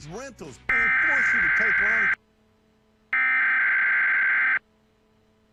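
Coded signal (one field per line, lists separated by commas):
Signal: Emergency Alert System (SAME) tones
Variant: header bursts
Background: speech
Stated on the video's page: Mock alert about an unknown threat, possibly containing valid tones.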